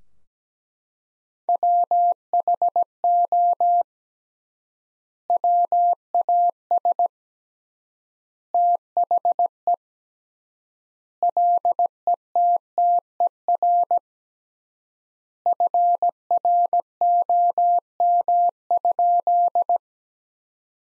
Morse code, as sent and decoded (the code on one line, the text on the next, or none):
.-- .... --- / .-- .- ... / - .... . / .-.. . - - . .-. / ..-. .-. --- -- ..--..
WHO WAS THE LETTER FROM?